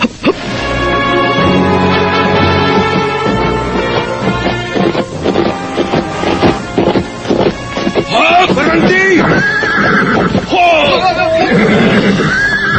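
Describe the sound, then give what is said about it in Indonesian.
Several horses of an approaching riding party neigh and whinny over a dense, steady clatter of hooves; the shrill, wavering whinnies rise and fall repeatedly, growing more prominent in the second half. “Oh, aku mendengar beberapa ekor langkah kaki kuda.”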